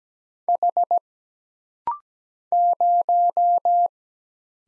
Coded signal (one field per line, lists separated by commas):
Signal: Morse code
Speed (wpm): 17 wpm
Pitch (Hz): 700 Hz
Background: none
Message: H 0